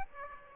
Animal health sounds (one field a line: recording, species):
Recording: mosquito wingbeat signal from an infrared sensor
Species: Aedes aegypti